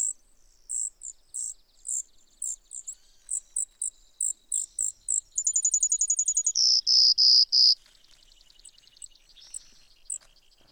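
Brewer's sparrow singing very high, thin notes, first spaced chips, then a fast rattling trill and three long buzzy notes, trailing off into scattered chips.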